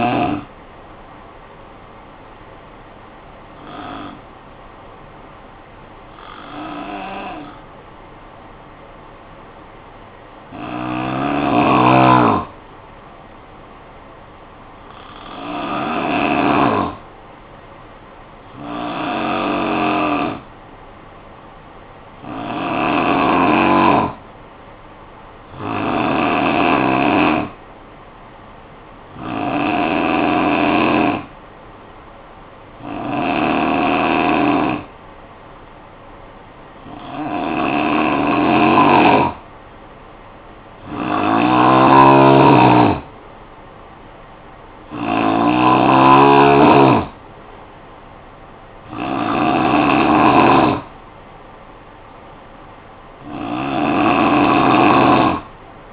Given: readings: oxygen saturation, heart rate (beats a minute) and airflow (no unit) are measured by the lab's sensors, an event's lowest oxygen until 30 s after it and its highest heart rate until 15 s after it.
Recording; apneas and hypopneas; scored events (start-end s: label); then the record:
breathing in sleep by a voice recorder at the bedside; 1
4.00-36.70 s: hypopnea (N3, oxygen 94% highest, then 85% lowest, heart rate 54 at the start, 58 highest)
From the record:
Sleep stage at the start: N3 (deep sleep); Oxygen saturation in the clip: 86 to 94%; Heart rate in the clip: 48 to 67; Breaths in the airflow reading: 15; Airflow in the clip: -7.4 to 5.0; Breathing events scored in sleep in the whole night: 445 in 7.6 hours asleep